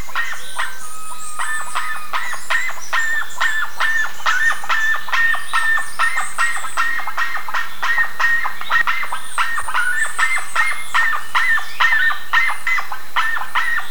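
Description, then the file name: Bird calls given as a fast, uneven stream of crisp clicking notes, more than two per second, joined by thin high twittering. "SABIOD 50 bird 2015"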